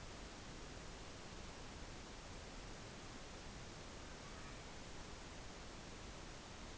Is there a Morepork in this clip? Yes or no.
no